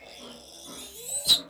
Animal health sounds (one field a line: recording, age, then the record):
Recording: pig call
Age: piglet (1 to 25 days)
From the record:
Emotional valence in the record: negative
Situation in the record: restrain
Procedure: sham castration, fixation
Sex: male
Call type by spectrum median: high-frequency call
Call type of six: mixed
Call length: 1.50 s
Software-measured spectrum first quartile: 3810 Hz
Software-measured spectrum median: 4619 Hz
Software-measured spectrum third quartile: 7875 Hz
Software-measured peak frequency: 3914 Hz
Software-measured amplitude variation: 111 dB a second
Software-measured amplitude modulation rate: 18.3 a second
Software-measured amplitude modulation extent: 6.1 dB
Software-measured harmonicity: 9.6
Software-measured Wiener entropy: -2.07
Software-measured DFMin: 1137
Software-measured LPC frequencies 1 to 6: 619, 1573, 3945, 4870, 6809, 8059 Hz